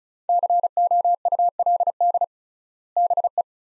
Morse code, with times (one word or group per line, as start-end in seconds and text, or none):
0.3-2.2 COULD
3.0-3.4 BE